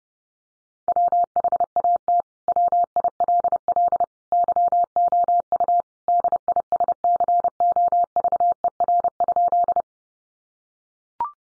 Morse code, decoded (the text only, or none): WHAT WILL YOU DISCOVER?